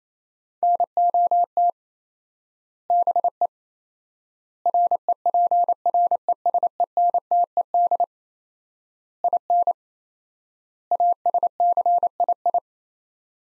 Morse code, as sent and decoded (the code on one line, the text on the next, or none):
-. --- - / -... . / .-. . .--. .-. . ... . -. - . -.. / .. -. / .- ... -.-. .. ..
NOT BE REPRESENTED IN ASCII